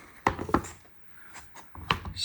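A tablet that had been popped off its magnetic keyboard case is put back and snaps into place with a sharp magnetic clack at 0.3 s, seating fully on the mount. Further sharp knocks and clacks follow around 0.5 s and 1.9 s, with fainter taps near 1.8 s and 2.1 s.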